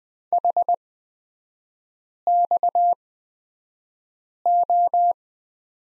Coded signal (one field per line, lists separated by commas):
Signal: Morse code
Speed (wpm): 20 wpm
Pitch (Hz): 700 Hz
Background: none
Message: HXO